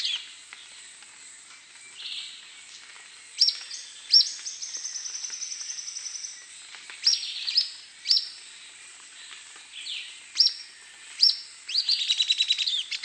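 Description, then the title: Grey elaenia song repeated several times: sharp high chips and short bursts leading into rapid trills, against a continuous high-pitched insect drone. "LuckyPassaro Completos2Sama. Grey Elaenia (Myiopagis caniceps)"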